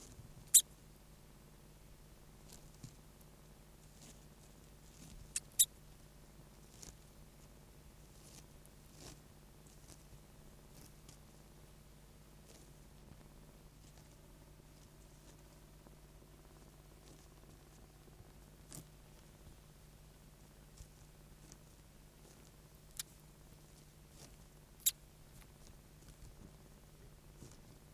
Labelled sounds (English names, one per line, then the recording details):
European Water Vole call
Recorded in captivity
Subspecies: terrestris
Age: juvenile
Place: Zoologisches Institut der HUB, Berlin, DE
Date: 1969-10-14
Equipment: Studiomaschine, Kondensatormikrofon
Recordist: Johst, Volker